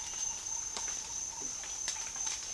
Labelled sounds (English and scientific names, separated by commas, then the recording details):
none
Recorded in dense forest near Puerto Asís, Putumayo, Colombia, on 8 March 2025 at 07:00
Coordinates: 0.503, -76.323
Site GP09